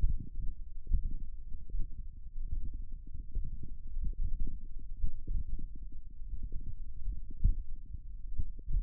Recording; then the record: forearm muscle sounds (acoustic myography)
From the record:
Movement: finger pinch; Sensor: system 1, eight BSWA MPA416 microphones around the upper forearm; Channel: 8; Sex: male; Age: 23 years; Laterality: right